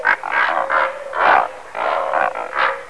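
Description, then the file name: Pelican harsh calls, a series of hoarse, breathy grunting bursts of uneven length, some rasping and drawn out, with short gaps between them. "Pellicano"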